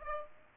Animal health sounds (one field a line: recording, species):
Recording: mosquito wingbeat signal from an infrared sensor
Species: Aedes aegypti